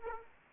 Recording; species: mosquito wingbeat signal from an infrared sensor; Aedes aegypti